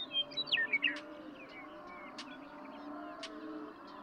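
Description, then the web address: Western meadowlark song, a short, bright phrase of quick descending whistles at the start, followed by a few faint clicks. "birdsongforthecurious songs Western Meadowlark"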